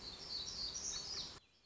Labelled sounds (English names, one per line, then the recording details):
Black-throated Gray Warbler
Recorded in Sonoma County, California